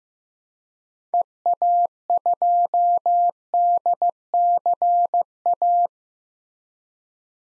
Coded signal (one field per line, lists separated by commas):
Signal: Morse code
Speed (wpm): 15 wpm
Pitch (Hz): 700 Hz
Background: none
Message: EA2DCA